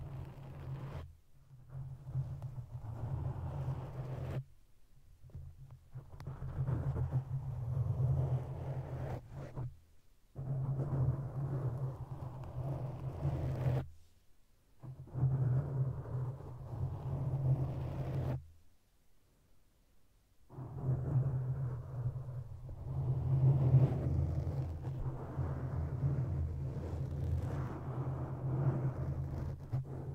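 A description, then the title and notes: Mic scratching: long stretches of rough, low rubbing and rumbling, with a heavy low hum running under the scraping. The noise comes in four or five blocks of several seconds each, broken by abrupt silent gaps, the longest around the twentieth second. ASMR Sleep Inducing Mic ScratchingBrain Massage.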